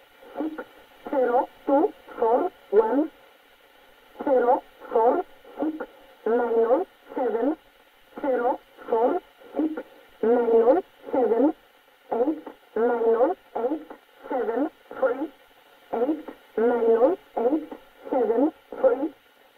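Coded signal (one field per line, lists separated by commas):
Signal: numbers station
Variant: E11 Oblique, English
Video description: 13375 kHz 1113 Number Station E11 English.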